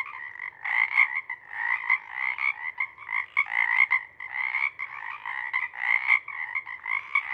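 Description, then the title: Pacific chorus frogs in a dense, continuous chorus of overlapping raspy croaks that swell and dip without real pauses. Pacific chorus frog chorus at a pond before morning twilight, late night; full chorus breaking into waves circling the pond, then staccato sections tapering as temperature drops and frogs leave to hunt. "Chorus Frogs, Chorus Waxes and Wanes, pre-morning-twilight"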